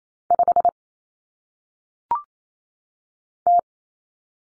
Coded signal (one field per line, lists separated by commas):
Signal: Morse code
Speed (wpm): 28 wpm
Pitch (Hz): 700 Hz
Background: none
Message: 5 T